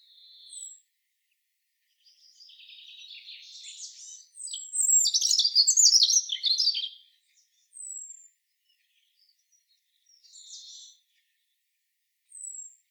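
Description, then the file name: European robin singing: quiet high notes build into a long, rich cascade of warbles and trills, followed by scattered thin, high sliding whistles. "Erithacus rubecula"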